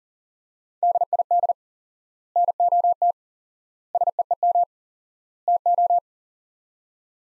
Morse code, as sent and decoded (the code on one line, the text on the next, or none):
-.. .. -.. / -. --- - / ... . . -- / - ---
DID NOT SEEM TO